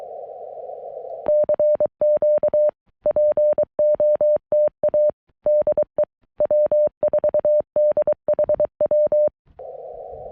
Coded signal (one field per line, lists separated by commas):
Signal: Morse code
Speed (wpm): 22 wpm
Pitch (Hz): 590 Hz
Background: none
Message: CQ POTA DE W4DHW